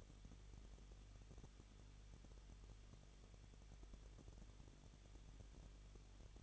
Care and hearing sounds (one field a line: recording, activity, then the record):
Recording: daily activity, microphone in the room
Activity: no activity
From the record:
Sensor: 4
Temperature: 23.0 degrees Celsius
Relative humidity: 34.4%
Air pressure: 1007.2 hPa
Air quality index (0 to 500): 217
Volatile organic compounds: 15 ppm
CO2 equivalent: 2513 ppm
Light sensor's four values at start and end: 2/3/1/1 and 2/3/1/1